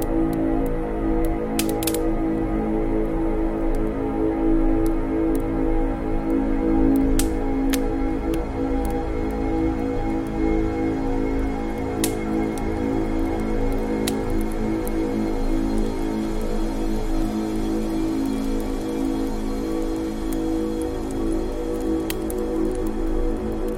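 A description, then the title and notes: A fireplace burns steadily, its soft, dense hiss and low rumble holding an even level throughout. Sharp crackles and pops break through irregularly, a few every several seconds, with clusters near two, seven and twelve seconds. Gentle crackling sounds and comforting warmth of a fireplace. The gentle crackling of the firewood.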